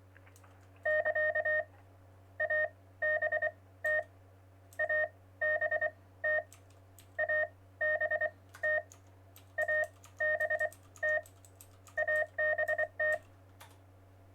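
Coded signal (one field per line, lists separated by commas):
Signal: Morse code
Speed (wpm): 24 wpm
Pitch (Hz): 1850 Hz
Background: none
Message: <KA> ABT ABT ABT ABT ABT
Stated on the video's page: Test stream, checking levels.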